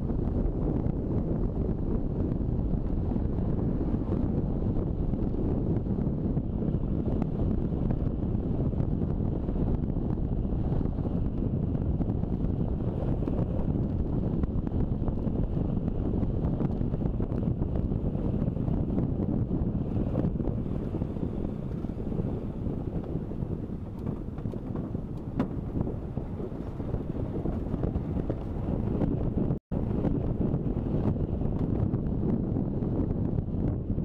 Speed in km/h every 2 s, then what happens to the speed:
34, 34, 34, 32, 30, 28, 27, 26, 26, 25, 21, 16, 15, 18, 18, 20, 19.
0-23 slows to 15. 23-34 steady at about 18.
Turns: none.